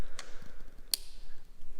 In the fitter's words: yeah, I heard that click.